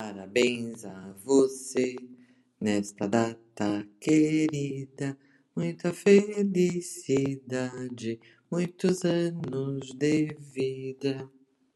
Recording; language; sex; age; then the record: short text; Brazilian Portuguese; female; 60 to 69 years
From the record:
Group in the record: control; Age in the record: 67 years